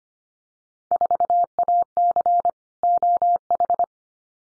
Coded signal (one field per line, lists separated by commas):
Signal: Morse code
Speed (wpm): 25 wpm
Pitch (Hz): 700 Hz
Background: none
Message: 4AC OH